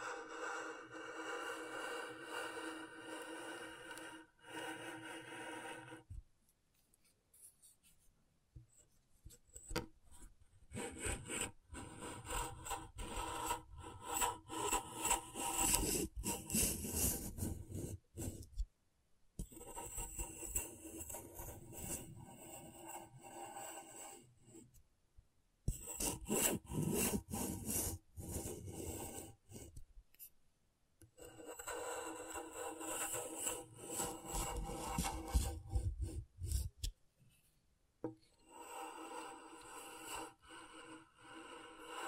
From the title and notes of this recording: ASMR Brain Tingling Scratchboard (No Talking).